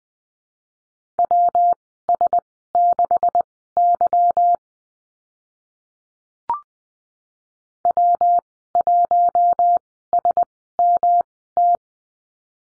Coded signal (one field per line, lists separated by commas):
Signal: Morse code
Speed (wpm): 20 wpm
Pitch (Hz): 700 Hz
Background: none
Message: WS6Y W1SMT